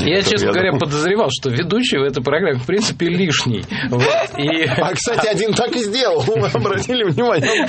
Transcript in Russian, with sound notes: Я, честно говоря, подозревал, что ведущий в этой программе, в принципе, лишний. (смех)
А, кстати, один так и сделал. Вы обратили внимание?